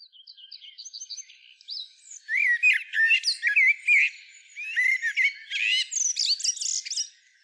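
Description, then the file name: Common blackbird song: soft thin notes at first, then loud varied warbling phrases with twittery trills running to the end. "Turdus merula"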